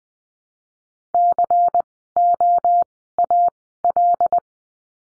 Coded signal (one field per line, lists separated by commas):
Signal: Morse code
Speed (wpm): 20 wpm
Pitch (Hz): 700 Hz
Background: none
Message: COAL